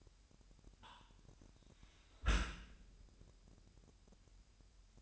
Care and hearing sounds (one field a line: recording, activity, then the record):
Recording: daily activity, microphone in the room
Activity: close dishwasher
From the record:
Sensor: 2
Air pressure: 998.2 hPa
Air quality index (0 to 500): 148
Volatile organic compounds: 4 ppm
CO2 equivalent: 1671 ppm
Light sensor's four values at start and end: 10/30/12/11 and 10/30/12/11